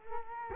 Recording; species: mosquito wingbeat signal from an infrared sensor; Culex quinquefasciatus